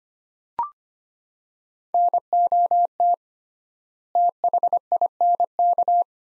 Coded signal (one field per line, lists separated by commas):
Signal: Morse code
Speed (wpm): 25 wpm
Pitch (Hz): 700 Hz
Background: none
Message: NOT THINK